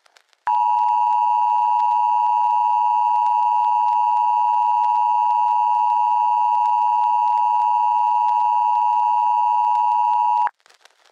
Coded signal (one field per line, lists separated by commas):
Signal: Emergency Alert System (SAME) tones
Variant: 853 and 960 Hz attention tone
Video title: T. E. I. A [EAS MOCK]